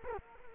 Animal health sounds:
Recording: mosquito wingbeat signal from an infrared sensor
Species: Culex quinquefasciatus

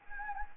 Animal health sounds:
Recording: mosquito wingbeat signal from an infrared sensor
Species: Anopheles gambiae

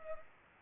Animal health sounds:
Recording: mosquito wingbeat signal from an infrared sensor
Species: Culex pipiens

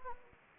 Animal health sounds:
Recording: mosquito wingbeat signal from an infrared sensor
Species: Anopheles gambiae

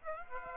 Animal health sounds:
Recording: mosquito wingbeat signal from an infrared sensor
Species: Aedes aegypti

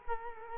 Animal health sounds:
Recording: mosquito wingbeat signal from an infrared sensor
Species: Culex quinquefasciatus

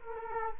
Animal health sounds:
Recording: mosquito wingbeat signal from an infrared sensor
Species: Culex quinquefasciatus

